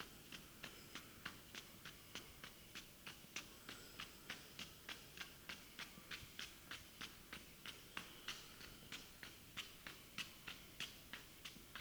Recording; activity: daily activity, guitar pickup as the sensor; run